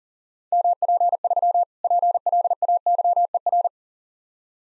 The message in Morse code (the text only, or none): MP3 PLAYER